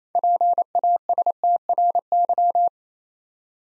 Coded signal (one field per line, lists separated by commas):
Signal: Morse code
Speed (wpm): 28 wpm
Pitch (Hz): 700 Hz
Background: none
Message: PASTRY